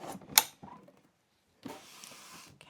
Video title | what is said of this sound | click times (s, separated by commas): HTVRONT A200 40oz Tumbler Press for Sublimation - Worth It? | And then you're just going to push it all the way until you hear a click. Okay, | 0.4 s